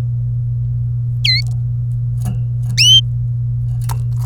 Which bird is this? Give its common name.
Domestic Canary